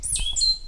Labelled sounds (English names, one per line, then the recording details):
Stitchbird song
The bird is a male
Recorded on Tiritiri Matangi Island, New Zealand, in 2005
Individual 4, of nest box 4